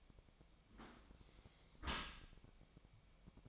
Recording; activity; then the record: daily activity, microphone in the room; close dishwasher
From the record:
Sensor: 1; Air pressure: 1003.1 hPa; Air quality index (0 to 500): 196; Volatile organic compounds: 6 ppm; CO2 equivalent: 1869 ppm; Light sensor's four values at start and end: 17/42/18/21 and 17/42/18/21